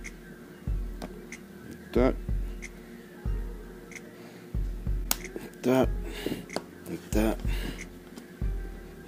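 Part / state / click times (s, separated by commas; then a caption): 3D-printed filter retaining clip into mask body / seated / 5.1 s. A 3D-printed plastic retaining clip is pressed onto the front of a particulate mask body to lock the filter material in, with its nubs meant to snap into holes under a good amount of pressure. Someone talks while soft handling knocks sound, then a clear, sharp snap at 5.1 s shows the clip seating into place.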